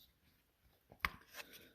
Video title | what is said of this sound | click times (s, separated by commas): 2022 Beta X-trainer Mods pt. 3 | as you slide it in, it just kind of snaps into place over the frame. | 1.1 s